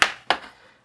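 A plastic pry tool is pushed into the gap between the metal base panel and the hinge of an HP EliteBook 1040 G9/G10 laptop to release the panel's retaining clips. Two sharp, loud clicks ring out at 0.0 s and 0.3 s as the clips release, and the bottom cover comes free from the chassis.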